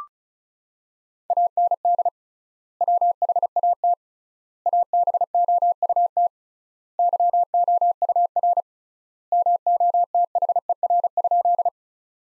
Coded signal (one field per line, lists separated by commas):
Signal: Morse code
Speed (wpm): 36 wpm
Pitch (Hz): 700 Hz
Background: none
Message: AND WHAT ABOUT YOUR MOTHER?